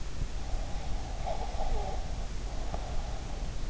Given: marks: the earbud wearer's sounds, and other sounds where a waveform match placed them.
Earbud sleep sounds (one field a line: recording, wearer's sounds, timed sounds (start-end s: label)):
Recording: sounds in sleep by an in-ear microphone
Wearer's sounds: breath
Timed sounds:
0.69-3.07 s: breath